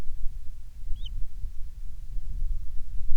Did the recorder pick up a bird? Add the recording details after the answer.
yes. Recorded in the Prudhoe Bay oil fields, Alaska, on 6 August 2019 at 04:47. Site 22